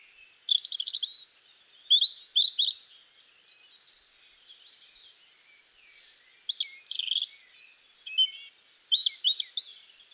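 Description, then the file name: European robin song with two bursts of quick, tumbling high warbles and sharp trilled notes, a quiet pause in the middle, then more sweet whistled phrases and thin high squeaks. "Erithacus rubecula"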